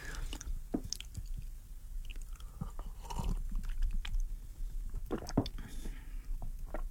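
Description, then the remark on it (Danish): Someone sips and swallows water, with a string of small wet mouth clicks, smacks and gulps in an irregular rhythm, fairly quiet and with no talking. “Jeg drikker bare lidt vand i aften.”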